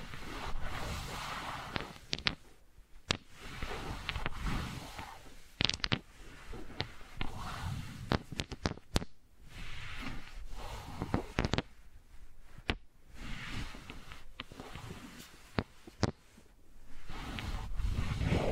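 Wooden balls knock and clack in sharp, dry hits, coming irregularly every second or two, sometimes in quick pairs or small clusters. Between the strikes a low, rumbling rustle of handling continues, with a few louder, brighter clacks near six and eleven seconds.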